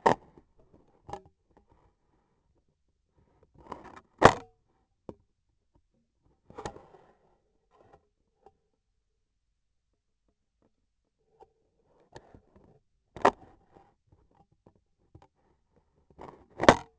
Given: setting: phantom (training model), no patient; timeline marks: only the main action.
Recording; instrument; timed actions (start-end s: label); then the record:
laparoscopic instrument, vibration sensor on the handle end; scissors
4.15-4.61 s: cutting thread
16.13-16.98 s: cutting thread
From the record:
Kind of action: gesture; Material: cotton thread